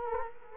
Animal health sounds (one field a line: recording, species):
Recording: mosquito wingbeat signal from an infrared sensor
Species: Culex quinquefasciatus